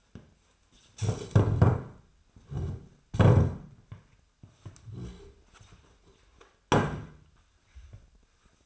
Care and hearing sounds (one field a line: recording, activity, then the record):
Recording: daily activity, microphone in the room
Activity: stand up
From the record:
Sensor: 2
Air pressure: 1007.6 hPa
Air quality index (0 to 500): 180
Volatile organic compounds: 10 ppm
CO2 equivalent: 2215 ppm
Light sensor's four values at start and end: 10/23/9/10 and 10/22/9/10